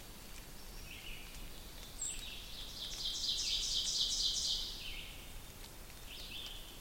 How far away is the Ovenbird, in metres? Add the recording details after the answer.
about 40 m. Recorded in boreal forest in Alberta, Canada, on 2 June 2016 at 06:04. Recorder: SongMeter 3, array SBT-3-7. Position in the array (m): 50 m, 144 m. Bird 4